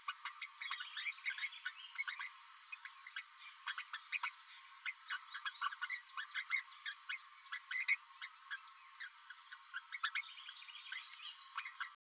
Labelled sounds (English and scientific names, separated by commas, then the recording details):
Green-rumped Parrotlet (Forpus passerinus) babbling
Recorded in a nest box in Venezuela
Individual 18B12A3